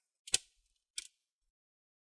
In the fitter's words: like that people are getting scared and hear those cranking sound those are fine that's what you want to hear